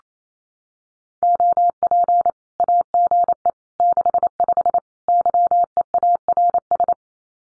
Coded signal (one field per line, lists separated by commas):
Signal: Morse code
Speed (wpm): 28 wpm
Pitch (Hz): 700 Hz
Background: none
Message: OP AGE 65 YEARS